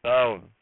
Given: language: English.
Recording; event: throat vibration sensor signal played as sound; speech